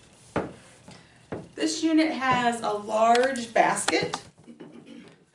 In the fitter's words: and then to lock it you just lock it back into place